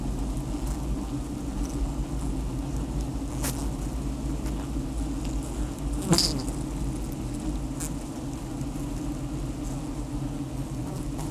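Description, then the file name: Honey bees buzzing: a continuous low drone with a few sharp knocks, one louder around the middle. Honey bees inside the beehive, recorded with a lavalier microphone. "Im Bienenstock Lavalier"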